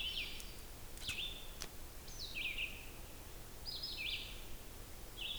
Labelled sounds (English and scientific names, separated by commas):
Red-eyed Vireo (Vireo olivaceus) song